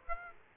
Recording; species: mosquito wingbeat signal from an infrared sensor; Aedes aegypti